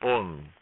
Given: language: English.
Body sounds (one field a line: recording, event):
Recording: throat vibration sensor signal played as sound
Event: speech